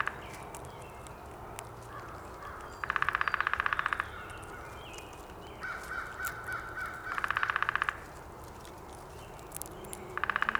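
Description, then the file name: Downy woodpecker drumming, two rapid even rolls of taps about a second long separated by a pause, a third roll starting at the end, with faint chirps of other birds in the background. Recorded 19 April 2019. "2019-04-19 Downy Woodpecker"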